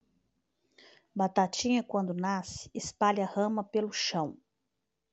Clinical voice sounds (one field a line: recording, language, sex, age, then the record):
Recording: short text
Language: Brazilian Portuguese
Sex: female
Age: 50 to 59 years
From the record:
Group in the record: control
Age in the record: 57 years